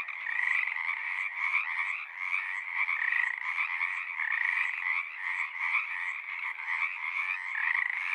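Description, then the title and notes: Pacific tree frogs calling en masse, harsh ribbit-like croaks repeated rapidly over each other, forming a loud rhythmic chorus. Wild community in large raucous groups at ponds in Seattle, Washington; calling spring or summer near dusk or pre-dawn; recorded with a portable recorder and ORTF microphone pair. "One local community here in Seattle is located in the Frog Ponds of Magnusson Park"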